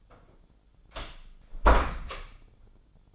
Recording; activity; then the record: daily activity, microphone in the room; close door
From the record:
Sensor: 5